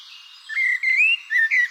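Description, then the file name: Common blackbird, a few clear whistled notes around mid-high pitch, some slurred and rising, in short bursts against a faint hiss. "Turdus merula"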